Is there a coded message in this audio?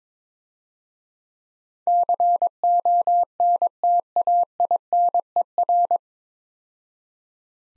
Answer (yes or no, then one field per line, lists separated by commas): yes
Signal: Morse code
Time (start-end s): 1.9-6.0 s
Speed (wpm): 22 wpm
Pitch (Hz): 700 Hz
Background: none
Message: CONTAINER